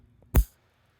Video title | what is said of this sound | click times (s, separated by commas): Jeremy Vs. Minimalist Tools - Pliers (Knipex FTW) | you hear that now they're locked they're not going anywhere | 0.4 s